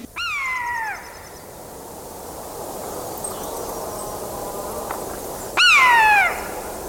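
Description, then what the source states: Common Buzzard mewing calls: two drawn-out, descending plaintive mews about five seconds apart. Mewing call said to sound a bit like a cat call, given almost all the time while soaring; part of a tour of the Island's raptors.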